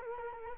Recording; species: mosquito wingbeat signal from an infrared sensor; Culex quinquefasciatus